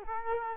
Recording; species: mosquito wingbeat signal from an infrared sensor; Culex quinquefasciatus